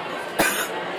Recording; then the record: coughing mixed with background sound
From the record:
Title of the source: 30 Chesty and wet cough